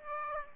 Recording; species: mosquito wingbeat signal from an infrared sensor; Aedes aegypti